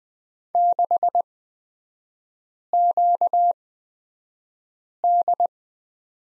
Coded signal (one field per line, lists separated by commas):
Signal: Morse code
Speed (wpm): 20 wpm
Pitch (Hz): 700 Hz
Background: none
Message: 6QD